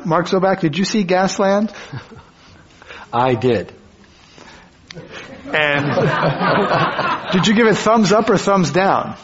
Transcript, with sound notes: Mark Zoback, did you see Gasland?
I did.
[Laughter]
And did you give a thumbs up or thumbs down?